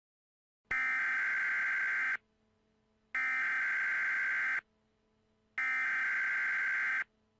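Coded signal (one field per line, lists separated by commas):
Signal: Emergency Alert System (SAME) tones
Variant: header bursts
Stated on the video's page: Fictional EAS scenario with simulated alert tones about a tornado outbreak turning into a global hurricane disaster.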